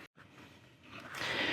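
A rear display screen unit is lined up with the rear console mounting clips of a Tesla Model 3, taking care before pressing it home. Low, steady handling noise follows a brief silent gap near 0.1 s, then a broader hiss swells from about 1.2 s to the end. Nothing has seated or clicked yet.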